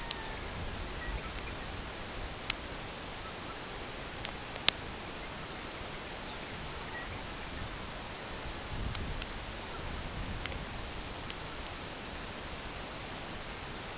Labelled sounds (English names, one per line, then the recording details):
Red-throated Loon
unidentified sound
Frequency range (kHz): Red-throated Loon 0.7-2.1 kHz
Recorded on Arctic tundra, site CORI-1, on 12 June 2018
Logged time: 08:00